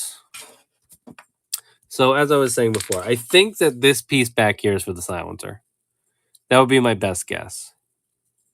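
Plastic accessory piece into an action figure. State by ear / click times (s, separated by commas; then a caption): not seated / none. A small plastic accessory piece, thought to be for a silencer, is handled near a socket on a plastic action figure, with a few light ticks of handling around 0.4, 1.2 and 1.5 s. Someone talks through most of the clip. Nothing has seated or clicked into place yet.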